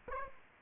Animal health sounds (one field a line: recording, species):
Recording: mosquito wingbeat signal from an infrared sensor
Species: Aedes aegypti